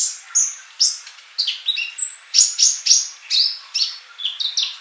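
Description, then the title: Bird song: steady, high chirps and slurred whistles repeated in a bouncy rhythm, including one thin, drawn-out whistle midway. "Kicau Burung"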